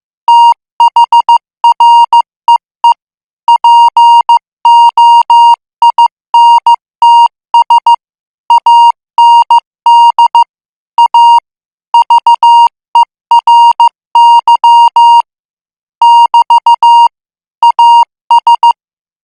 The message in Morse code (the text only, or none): THREE POINTS AND A VERY <BT> AS